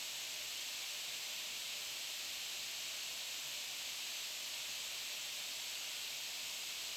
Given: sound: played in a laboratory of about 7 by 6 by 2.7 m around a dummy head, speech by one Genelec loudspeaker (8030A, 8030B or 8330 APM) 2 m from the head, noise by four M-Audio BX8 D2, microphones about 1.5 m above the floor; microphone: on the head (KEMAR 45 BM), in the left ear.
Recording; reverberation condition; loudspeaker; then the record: white noise; high; four, about 170 cm from the corners of the room and facing them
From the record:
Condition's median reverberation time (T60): about 1300 ms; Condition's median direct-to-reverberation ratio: about -4.0 dB